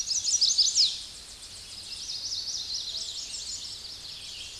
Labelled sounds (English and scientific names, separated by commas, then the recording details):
Chestnut-sided Warbler (Setophaga pensylvanica) song
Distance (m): 25 m
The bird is about 5 m above the microphone
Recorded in a Pennsylvania forest on 16 May 2024 at 08:12
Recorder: AudioMoth, point MSD-1990
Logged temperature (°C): 15.3 °C
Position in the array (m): 129 m, 172 m